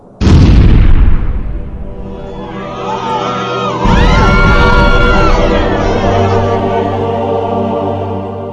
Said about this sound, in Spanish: Era la explosión. La explosión de su cisterna. Estaba cargado con muchas más toneladas de lo que debiera. Estaba permitido llevar unas 19 toneladas. Llevaba 25.